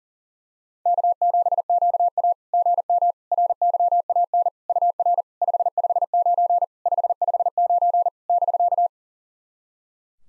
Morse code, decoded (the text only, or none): K7QA GM RYAN UR 559 559 <BK>